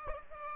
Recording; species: mosquito wingbeat signal from an infrared sensor; Aedes aegypti